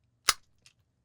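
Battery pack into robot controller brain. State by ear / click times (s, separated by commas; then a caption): seated / 0.3 s. A rechargeable battery pack is slid flat side up into the bottom of a plastic robot controller brain and pushed all the way in, giving a sharp, bright click at 0.3 s. A faint tick follows at about 0.7 s and a low thump comes right at the end. The battery is seated and no longer sticks out.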